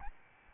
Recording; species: mosquito wingbeat signal from an infrared sensor; Aedes albopictus